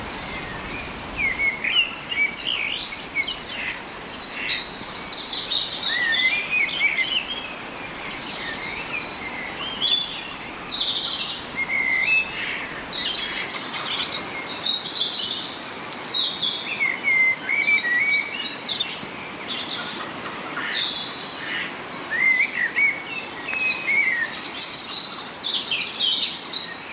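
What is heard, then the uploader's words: A dawn chorus of many birds singing at once, with overlapping chirps, trills and whistled phrases filling the whole recording without pause. The calls are high and bright, bursting in dense clusters every second or two over a soft, steady hiss. The Dawn Chorus. De Chouer vum fréie Mueren. Eng ganz Stonn Villerchers Gesank live presentéiert an iwwerdroen vum iresche Radio RTE.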